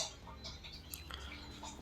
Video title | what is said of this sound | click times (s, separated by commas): KANOPI SLIDING MANUAL UNTUK DI TEMPAT JEMURAN PAKAIAN SEPERTI INI PEMBUATANNYA | Dan kita kunci, nah seperti ini, jadi tidak akan turun sendiri kawan-kawan ya kalau katrol handwidth ini sudah terkunci. | 0.9 s, 1.1 s